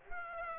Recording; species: mosquito wingbeat signal from an infrared sensor; Aedes aegypti